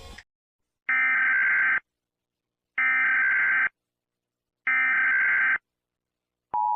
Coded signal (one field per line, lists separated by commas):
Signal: Emergency Alert System (SAME) tones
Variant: header bursts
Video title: Eas Scenario CBS Kids Final SHUTDOWN for This Week?!